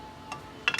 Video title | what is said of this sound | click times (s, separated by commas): Toyota Tacoma ReCurve TXD Plug and Play amp setup steps | can put my cover back on now and snap it into place | 0.7 s